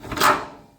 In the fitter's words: See her snapped in place?